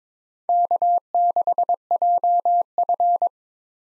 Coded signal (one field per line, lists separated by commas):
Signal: Morse code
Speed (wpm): 22 wpm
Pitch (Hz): 700 Hz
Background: none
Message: K6JF